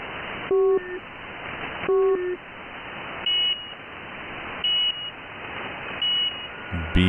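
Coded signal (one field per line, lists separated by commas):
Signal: channel marker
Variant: UVB-76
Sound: short two-tone buzzy beeps repeating about every 1.4 seconds, about 5 in the clip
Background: radio static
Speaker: it is interesting to note the change in tone of the Russian buzzer which sounds much more like a beeping or two-tone beep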